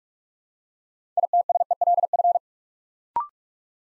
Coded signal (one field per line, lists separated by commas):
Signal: Morse code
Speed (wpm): 44 wpm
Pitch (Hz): 700 Hz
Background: none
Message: ITSELF